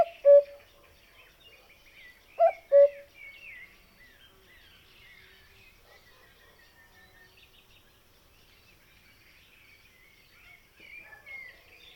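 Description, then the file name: Cuckoo heard at the end of one call, then giving one full descending cu-coo early on, then falling silent while other birds chirp and trill faintly through the rest. "minutes of cuckoos"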